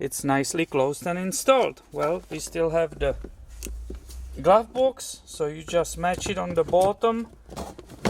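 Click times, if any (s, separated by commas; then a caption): 8.1 s. A plastic glovebox trim piece on a Toyota Matrix is matched on its bottom hooks and pushed inward into the dashboard while someone talks. A sharp snap at 8.1 seconds marks the piece clicking into place, and it seats.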